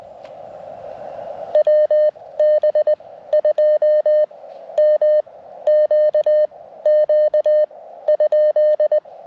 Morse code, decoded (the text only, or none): WB2MQQ ?